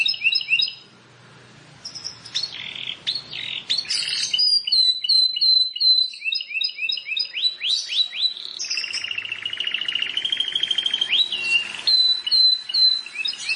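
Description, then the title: Plain prinia song: a varied medley of high whistled notes, quick down-slurred chirps and a long buzzy trill, with phrases changing abruptly. "Ciblek Sawah"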